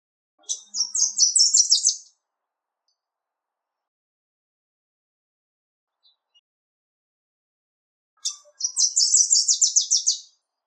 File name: Wilsons Warbler Istvan B Orosi